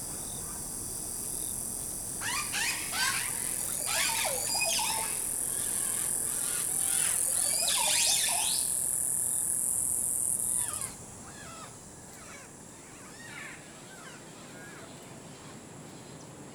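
Birds call in the Costa Rican forest over a steady high insect whine that cuts out abruptly at about 11 seconds, leaving the sound much quieter. Several birds give quick rising and falling whistled phrases, busiest between two and nine seconds, with softer calls continuing afterward.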